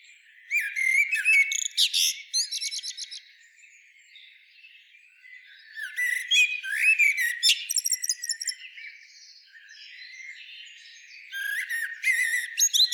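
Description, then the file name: Common blackbird delivers three bouts of squeaky, chattering notes with rapid buzzy trills, separated by quieter gaps filled with faint high background birdsong. "Turdus merula"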